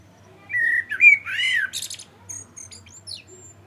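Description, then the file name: Common blackbird giving a rich, swooping whistled phrase that ends in a burst of shrill squeaky notes, followed by a few faint high chips. "Turdus merula"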